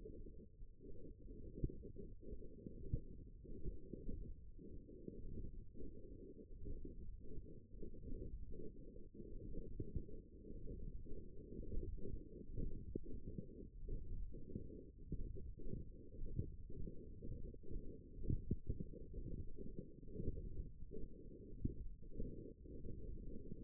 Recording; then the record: forearm muscle sounds (acoustic myography)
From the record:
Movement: hook grip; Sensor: system 1, eight BSWA MPA416 microphones around the upper forearm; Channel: 7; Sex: female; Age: 21 years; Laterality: right